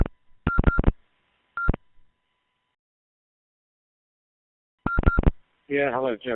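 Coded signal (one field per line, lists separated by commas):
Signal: none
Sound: repeater courtesy beeps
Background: speech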